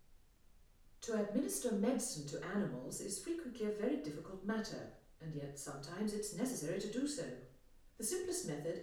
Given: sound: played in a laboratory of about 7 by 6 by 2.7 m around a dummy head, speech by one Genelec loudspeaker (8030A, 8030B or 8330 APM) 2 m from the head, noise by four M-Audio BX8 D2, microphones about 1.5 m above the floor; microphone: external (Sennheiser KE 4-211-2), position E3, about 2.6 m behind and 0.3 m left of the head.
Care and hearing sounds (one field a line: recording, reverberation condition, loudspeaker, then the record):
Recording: female speech in English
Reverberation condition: medium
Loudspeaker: 30 degrees to the right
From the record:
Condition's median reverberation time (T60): about 510 ms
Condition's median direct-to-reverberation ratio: about -0.5 dB